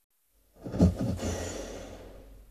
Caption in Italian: Questo sospiro indica rilassamento. Lo fanno spesso prima di addormentarsi. Preannuncia un sonnellino in arrivo.